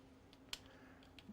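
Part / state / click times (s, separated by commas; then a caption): crown strap into face shield headband / seated / 0.5 s. A plastic crown strap on the headband of a Paulson IDC Snap System Model IDC S face shield is brought back into position and snapped in, with one sharp, bright click at 0.5 s. Softer ticks sound around 0.3 s and 1.2 s over a faint steady hum. The crown strap is seated in place.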